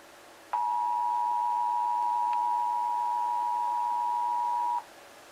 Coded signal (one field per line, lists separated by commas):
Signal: Emergency Alert System (SAME) tones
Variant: 853 and 960 Hz attention tone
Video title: EAS HISTORY 2025 - 20 YEARS